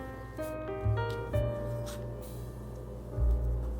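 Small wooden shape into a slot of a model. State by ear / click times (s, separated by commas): not seated / none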